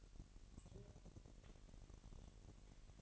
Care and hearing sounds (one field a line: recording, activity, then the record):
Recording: daily activity, microphone in the room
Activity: take from stove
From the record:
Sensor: 4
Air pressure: 1012.9 hPa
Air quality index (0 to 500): 239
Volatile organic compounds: 4 ppm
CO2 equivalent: 1594 ppm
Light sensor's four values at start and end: 31/73/30/29 and 30/72/29/29